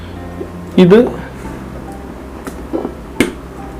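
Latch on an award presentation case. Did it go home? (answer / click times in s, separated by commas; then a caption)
released / 3.2 s. The first of two latches on an award presentation case is flicked open, giving a sharp snap at 3.2 s, with the case's first catch released. Someone talks briefly near the start, and music plays underneath throughout.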